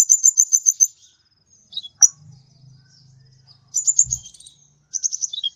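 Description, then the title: Mixed birds pour out rapid high trills and chirps, interrupted by a low droning hum and a brief dull thud. "Burung Campur4"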